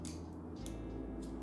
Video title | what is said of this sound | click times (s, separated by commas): 130HP Mini Corvette Go Kart Build! | Perfect. Heard a little click. | 0.7 s